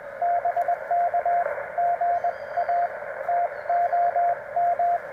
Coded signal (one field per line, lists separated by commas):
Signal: Morse code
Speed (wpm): 21 wpm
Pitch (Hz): 700 Hz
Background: radio noise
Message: BK GA TOM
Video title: The Amazing Penntek TR-45L: A Quick POTA Activation if the HF Bands Cooperate!